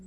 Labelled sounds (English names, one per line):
Virginia's Warbler flight call